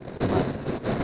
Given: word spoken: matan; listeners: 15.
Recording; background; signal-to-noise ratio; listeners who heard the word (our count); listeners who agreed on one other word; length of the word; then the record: one Spanish word in noise, from a listening test; noise modulated by three-talker babble; -7.4 dB; 0 of 15; 8 of 15; 0.64 s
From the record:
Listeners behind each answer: 8, 1, 1, 1, 1, 1, 1, 1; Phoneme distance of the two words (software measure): 7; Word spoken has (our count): 2 syllables, 5 phonemes, stress on syllable 1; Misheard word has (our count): 2 syllables, 4 phonemes, stress on syllable 1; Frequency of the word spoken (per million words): 6.90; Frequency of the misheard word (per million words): 19.80